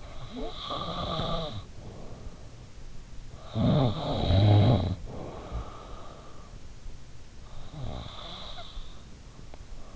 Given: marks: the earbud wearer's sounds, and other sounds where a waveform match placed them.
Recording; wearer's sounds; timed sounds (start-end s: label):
sounds in sleep by an in-ear microphone; snoring breath, teeth grinding
0.00-2.75 s: snoring breath
3.48-6.70 s: snoring breath
7.32-9.70 s: snoring breath
9.44-9.70 s: teeth grinding